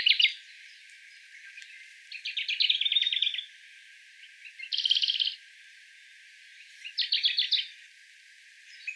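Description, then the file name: Sakhalin leaf warbler singing rapid high trills, three main bursts of fast repeated notes a couple of seconds apart, steady background hiss. Recorded 14 May 2014 on Tobishima. "karafutomuji tobishima mima"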